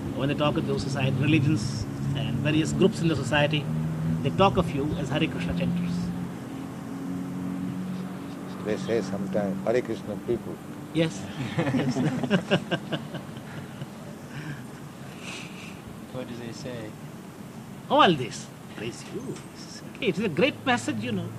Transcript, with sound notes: when they talk of those society, religions, and various groups in the society, they talk of you as Hare Kṛṣṇa chanters.
They say sometimes "Hare Kṛṣṇa people."
Yes. Yes. [laughs]
What do they say?
Oh, all this crazy. [indistinct] Oh, it is a great message, you know.